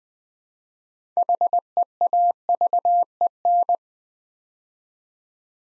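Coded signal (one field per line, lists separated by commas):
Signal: Morse code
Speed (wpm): 20 wpm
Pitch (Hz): 700 Hz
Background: none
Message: HEAVEN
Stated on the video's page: Morse word-building drill at 20 wpm: 6-letter words sent three letters at a time.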